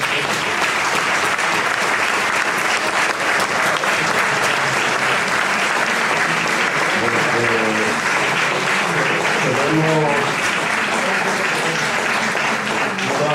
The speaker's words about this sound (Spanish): Muy bien dicho, un aplauso.